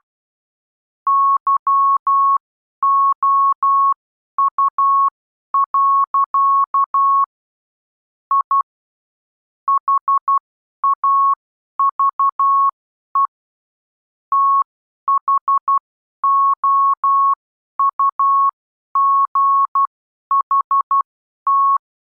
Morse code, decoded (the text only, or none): YOU. I HAVE THOUGHT